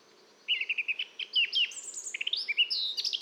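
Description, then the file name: Eurasian blackcap warbling: a run of short chirps building into a dense, fast jumble of whistled and scratchy high notes. "Sylvia atricapilla"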